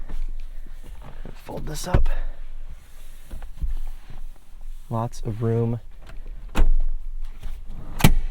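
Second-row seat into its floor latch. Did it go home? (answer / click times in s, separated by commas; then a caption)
yes / 8.1 s. In a 2021 Kia Telluride, the second-row seat is folded and then returned into its floor latch while someone talks. There are scattered knocks and shuffling, a whirring mechanical sweep around 5 seconds, and a loud sharp hit at 6.6 seconds. The seat latches back into place with a loud sharp click at 8.1 seconds.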